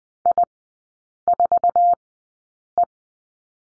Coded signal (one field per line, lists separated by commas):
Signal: Morse code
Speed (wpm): 20 wpm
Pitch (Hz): 700 Hz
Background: none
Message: I4E